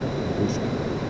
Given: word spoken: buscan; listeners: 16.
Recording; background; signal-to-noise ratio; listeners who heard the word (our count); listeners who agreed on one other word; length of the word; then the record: one Spanish word in noise, from a listening test; speech-shaped noise; -5.6 dB; 0 of 16; 6 of 16; 0.70 s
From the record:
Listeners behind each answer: 6, 3, 1, 1, 1, 1, 1, 1, 1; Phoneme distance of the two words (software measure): 7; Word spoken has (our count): 2 syllables, 6 phonemes, stress on syllable 1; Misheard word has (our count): 2 syllables, 5 phonemes, stress on syllable 1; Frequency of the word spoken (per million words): 25.50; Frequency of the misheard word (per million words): 100.15